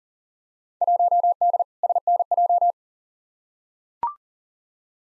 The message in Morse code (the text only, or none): 1D SNJ